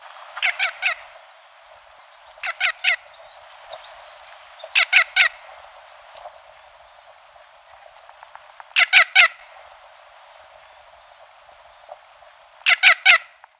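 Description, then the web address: Scaly-naped amazon calls: short clusters of three or four harsh, nasal squawks repeated every few seconds, with faint softer notes in between. Ecuador. "Birds of Ecuador. Scaly-Naped Amazon"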